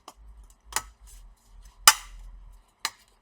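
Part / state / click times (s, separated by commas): plastic keyboard retaining piece into laptop top case / seated / 1.9 s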